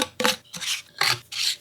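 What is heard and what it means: A handle pole section is being lined up with the rake or bin fitting of a pooper scooper, giving short bursts of rubbing and rasping in four scrapes across the clip. It seems to sit in the wrong spot, and nothing has seated or clicked yet.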